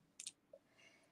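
A plastic bobbin cover is refitted onto a sewing machine bed after the needle plate and feed dogs have been swapped. Sharp clicks at 0.2 s and 0.3 s mark it snapping into place, followed by a fainter short tick near 0.5 s. The cover is seated.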